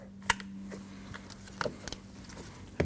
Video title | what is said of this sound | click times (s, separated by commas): How to Remove Front Door Panels 2012-2021 Nissan NV2500 | First you want to plug it in. Listen for the click. | 0.3 s